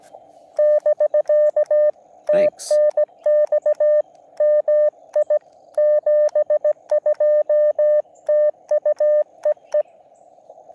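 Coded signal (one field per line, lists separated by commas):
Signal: Morse code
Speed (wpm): 17 wpm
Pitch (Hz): 600 Hz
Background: none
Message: <BK> TNX MI 72TUEE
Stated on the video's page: Parks on the Air activation from Joe Budd WMA in Florida.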